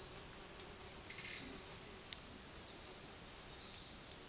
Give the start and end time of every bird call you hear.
1.03s-1.51s: bird call (1.3-6.9 kHz)

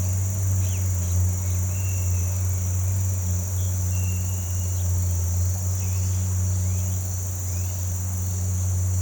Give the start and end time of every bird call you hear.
0.61s-0.86s: bird call (1.6-4.3 kHz)
1.67s-2.50s: bird call (1.8-3.2 kHz)
3.51s-4.85s: bird call (2.3-4.1 kHz)
5.78s-6.19s: bird call (1.9-3.7 kHz)
6.58s-7.04s: bird call (1.8-3.8 kHz)
7.46s-7.77s: bird call (1.9-3.7 kHz)

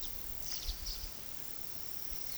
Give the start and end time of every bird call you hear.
0.00s-1.27s: bird call (1.9-7.2 kHz)

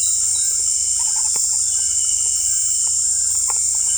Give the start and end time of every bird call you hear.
1.00s-1.59s: bird call (0.6-2.5 kHz)

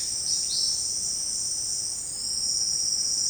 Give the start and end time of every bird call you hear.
0.27s-0.77s: bird call (2.9-6.9 kHz)

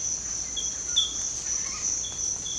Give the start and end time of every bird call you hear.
0.98s-1.90s: bird call (0.8-2.9 kHz)

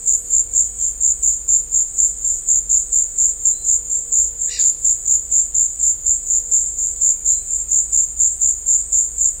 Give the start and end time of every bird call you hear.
4.45s-4.71s: bird call (1.2-5.8 kHz)

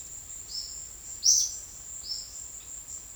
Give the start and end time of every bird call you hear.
0.45s-0.82s: bird call (3.6-5.9 kHz)
1.16s-1.57s: bird call (3.1-7.2 kHz)
1.96s-2.49s: bird call (2.9-6.2 kHz)

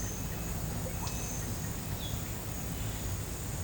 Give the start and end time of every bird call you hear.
0.99s-1.10s: bird call (0.5-7.2 kHz)

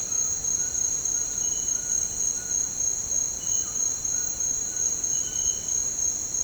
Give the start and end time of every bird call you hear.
0.00s-2.58s: bird call (0.8-1.8 kHz)
3.61s-5.56s: bird call (0.8-1.8 kHz)

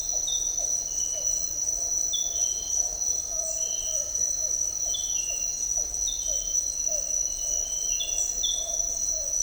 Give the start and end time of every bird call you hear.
0.12s-9.38s: bird call (0.3-1.0 kHz)

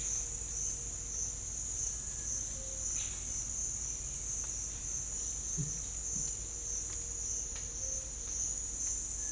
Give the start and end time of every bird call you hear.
2.54s-2.84s: bird call (0.3-1.1 kHz)

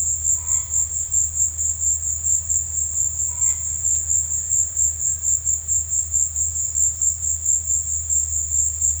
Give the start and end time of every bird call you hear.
0.37s-0.83s: bird call (0.5-4.0 kHz)
3.31s-3.59s: bird call (0.6-3.7 kHz)

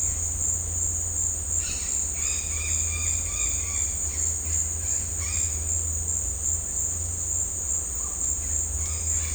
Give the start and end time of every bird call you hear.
1.61s-5.57s: bird call (1.0-5.6 kHz)
8.83s-9.34s: bird call (0.8-5.6 kHz)

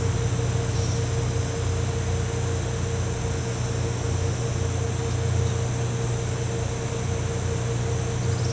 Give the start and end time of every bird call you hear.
0.78s-0.97s: bird call (4.9-6.0 kHz)

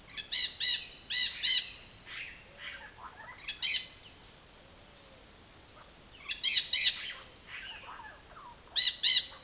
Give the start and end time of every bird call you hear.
0.17s-1.70s: bird call (1.4-7.4 kHz)
1.96s-4.02s: bird call (0.3-7.4 kHz)
6.32s-7.02s: bird call (1.0-8.2 kHz)
7.48s-9.26s: bird call (0.5-8.1 kHz)

